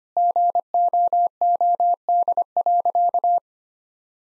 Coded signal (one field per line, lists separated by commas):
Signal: Morse code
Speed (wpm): 25 wpm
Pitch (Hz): 700 Hz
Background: none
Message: GOOD.